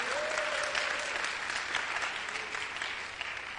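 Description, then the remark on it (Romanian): An audience applauds steadily for a few seconds, a dense, even wash of hand claps holding at a constant level, with a faint whistle or cheer briefly rising over it. “Aplaudați-i, absolut.”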